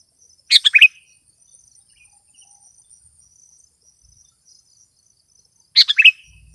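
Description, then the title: Sooty-headed bulbul song: two short bubbly phrases of three or four quick chirping notes, separated by about five seconds of quiet, over a faint high thin drone. "kutilang"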